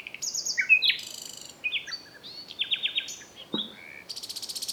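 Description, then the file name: Common nightingale song with clear whistles, rising slurs, quick stuttering note series and a buzzy high rattle at the end. "Luscinia megarhynchos"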